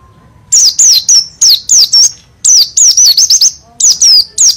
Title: burung pleci dakun jatim ngalas ngerol gacor calon juara(cikarang)